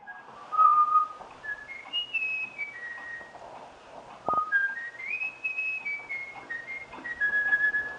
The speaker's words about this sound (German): Hier pfeift, verblüffenderweise, kein Mensch, sondern ein Gimpel. Beigebracht hat ihm das der inzwischen verstorbene Forscher Jürgen Nicolai durch regelmäßiges Vorpfeifen.